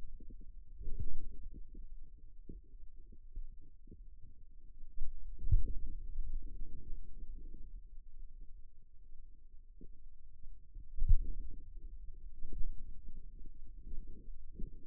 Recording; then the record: forearm muscle sounds (acoustic myography)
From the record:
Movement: pen grasping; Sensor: system 2, bracelet of six BSWA MPA416 microphones around the upper forearm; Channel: 5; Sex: male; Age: 22 years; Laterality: right